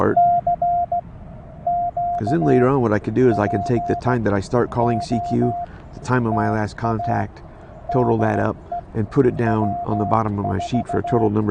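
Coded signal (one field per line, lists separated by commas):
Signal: Morse code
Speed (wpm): 16 wpm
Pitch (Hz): 690 Hz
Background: speech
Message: CQ POTA DE W4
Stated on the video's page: CW parks on the air activation with a Penntek TR45-L radio, offered as copy practice.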